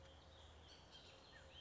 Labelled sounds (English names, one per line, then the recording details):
Bullock's Oriole
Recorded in Sonoma County, California